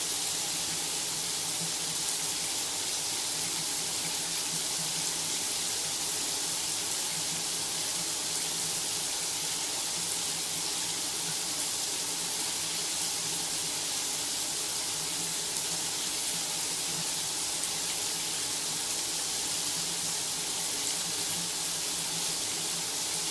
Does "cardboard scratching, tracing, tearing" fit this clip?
no